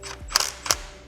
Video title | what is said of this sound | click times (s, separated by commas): Toro Grandstand P M | Tighten it till you hear the click. | 0.4 s, 0.7 s